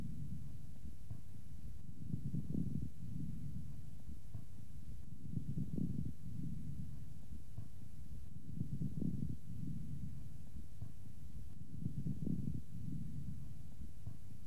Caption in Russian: Влажные, средние и крупнопузырчатые хрипы у пациента с бронхоэктатической болезнью в той же точке после покашливания.